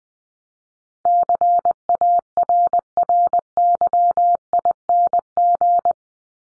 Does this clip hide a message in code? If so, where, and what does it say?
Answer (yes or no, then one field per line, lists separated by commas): yes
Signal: Morse code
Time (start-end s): 1.1-5.9 s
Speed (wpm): 20 wpm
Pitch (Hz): 700 Hz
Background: none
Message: CARRYING